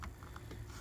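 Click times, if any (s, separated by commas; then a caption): none. A loaded, reduced-capacity partial en bloc clip is pushed down into the magazine well of an M1 Garand rifle, giving a few faint, short taps and scrapes over a low steady hum. The clip does not click into place or release the bolt, unlike a regular 8-round clip, and nothing has seated or clicked yet.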